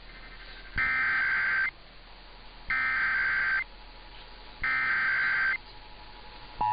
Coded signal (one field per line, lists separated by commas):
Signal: Emergency Alert System (SAME) tones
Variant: header bursts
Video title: [EAS #2737-#2740] NOAA Weather Radio RWT & Shasta RMT (10/18/23)